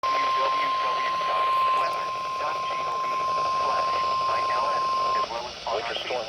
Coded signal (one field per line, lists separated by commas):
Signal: Emergency Alert System (SAME) tones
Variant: 1050 Hz attention tone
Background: speech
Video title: EAS/NWR Alert or message #501: LMK WSW